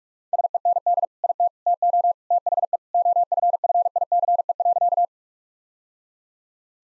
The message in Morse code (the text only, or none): SEND IT TO THE OFFICE.